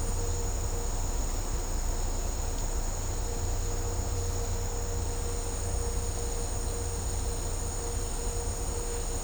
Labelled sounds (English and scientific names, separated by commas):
none